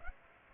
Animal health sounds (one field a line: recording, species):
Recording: mosquito wingbeat signal from an infrared sensor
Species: Aedes aegypti